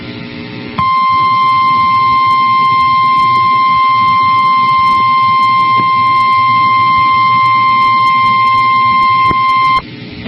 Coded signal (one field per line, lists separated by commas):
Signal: Emergency Alert System (SAME) tones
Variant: 1050 Hz attention tone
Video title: Severe Thunderstorm Warning (ND and MN) (6/20/25) [EAS #186]